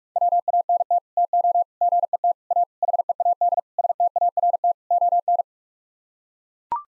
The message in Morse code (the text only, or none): WANT TO GET A HEAD START ON